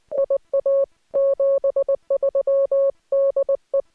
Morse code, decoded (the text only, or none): IA 73 DE